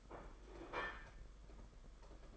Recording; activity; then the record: daily activity, microphone in the room; place plate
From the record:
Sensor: 5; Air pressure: 991.9 hPa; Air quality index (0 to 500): 165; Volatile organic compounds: 394 ppm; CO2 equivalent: 4662 ppm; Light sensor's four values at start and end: 31/106/39/42 and 31/106/39/42